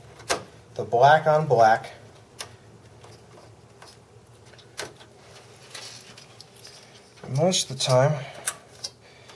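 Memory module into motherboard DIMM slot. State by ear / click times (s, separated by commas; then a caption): seated / 8.5 s, 8.8 s. A memory stick is pressed into a motherboard DIMM slot while someone talks, with a few faint ticks in between. Both retention latches snap shut with two sharp clicks at 8.5 s and 8.8 s, and the module is seated.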